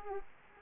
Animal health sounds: mosquito wingbeat signal from an infrared sensor; Culex quinquefasciatus

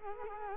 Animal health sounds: mosquito wingbeat signal from an infrared sensor; Culex quinquefasciatus

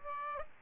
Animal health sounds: mosquito wingbeat signal from an infrared sensor; Aedes aegypti

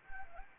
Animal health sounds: mosquito wingbeat signal from an infrared sensor; Anopheles arabiensis

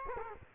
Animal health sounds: mosquito wingbeat signal from an infrared sensor; Culex quinquefasciatus

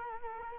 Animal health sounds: mosquito wingbeat signal from an infrared sensor; Culex quinquefasciatus

